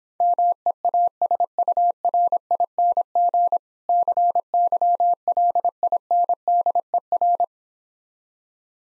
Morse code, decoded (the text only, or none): MEASURING CYLINDER